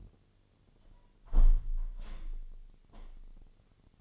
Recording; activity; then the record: daily activity, microphone in the room; close window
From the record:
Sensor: 4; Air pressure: 1007.2 hPa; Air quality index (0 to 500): 185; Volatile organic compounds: 6 ppm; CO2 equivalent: 1842 ppm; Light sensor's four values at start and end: 23/73/28/27 and 23/73/28/27